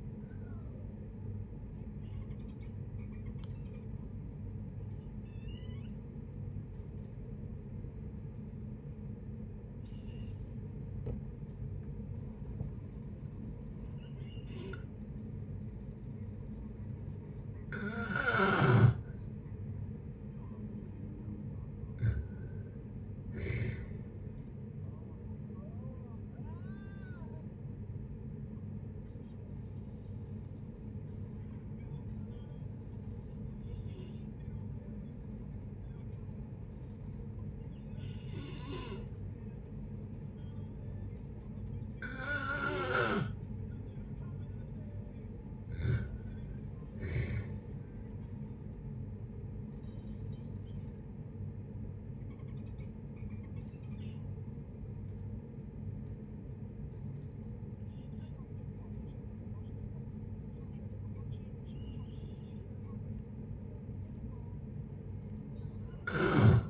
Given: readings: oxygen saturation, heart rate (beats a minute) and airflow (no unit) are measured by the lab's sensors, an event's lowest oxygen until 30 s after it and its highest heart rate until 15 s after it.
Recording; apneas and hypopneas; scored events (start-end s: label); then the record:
a person awake in a sleep study, by a smartphone at the bedside; none
0.00-66.70 s: awake
0.00-66.70 s: awake
From the record:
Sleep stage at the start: awake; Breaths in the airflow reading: 25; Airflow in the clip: -0.7 to 0.6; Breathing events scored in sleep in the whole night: 496 in 5.4 hours asleep